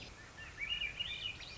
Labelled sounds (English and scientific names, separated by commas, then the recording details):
Swainson's Thrush (Catharus ustulatus)
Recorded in Sonoma County, California